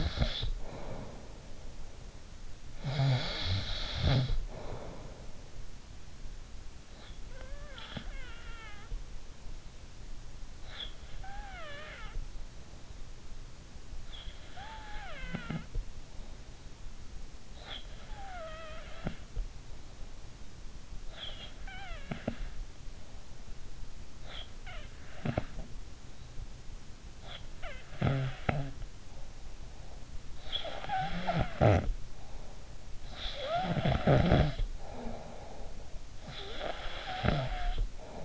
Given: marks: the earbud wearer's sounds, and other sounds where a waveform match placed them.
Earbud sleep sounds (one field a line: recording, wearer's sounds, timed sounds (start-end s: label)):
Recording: sounds in sleep by an in-ear microphone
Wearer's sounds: snoring breath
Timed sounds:
0.00-38.25 s: snoring breath